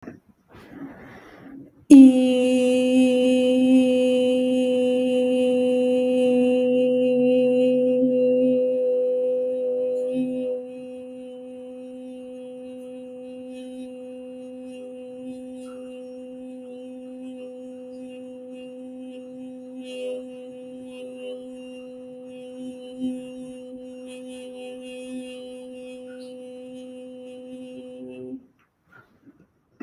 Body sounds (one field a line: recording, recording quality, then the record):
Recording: sustained vowel as in beet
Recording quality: excellent, no background noise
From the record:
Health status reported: healthy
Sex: female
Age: 29 years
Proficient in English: yes